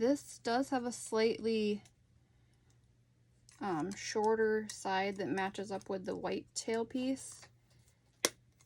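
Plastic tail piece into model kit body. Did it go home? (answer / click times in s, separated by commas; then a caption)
yes / 8.2 s. A plastic model kit tail piece is lined up by its shorter side with the white tail piece and pushed into the model kit body while someone talks. After a pause, a sharp click at 8.2 seconds marks the piece snapping in, and it is seated.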